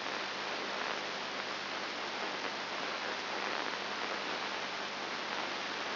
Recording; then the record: brain microelectrode recording played as sound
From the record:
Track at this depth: outside the subthalamic nucleus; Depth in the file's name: 5.7 mm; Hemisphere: left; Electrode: 2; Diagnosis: Parkinson's disease